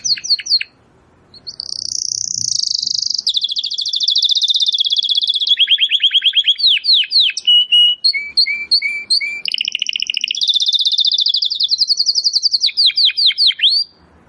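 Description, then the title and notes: Domestic canary delivering a long song of rapid trills that jump between pitches after a brief pause, with an interlude of short repeated notes. Belgian canary singing; labelled 'Campainha'. "Canário Belga Campainha Canary Singing. Canario Belga Cantando"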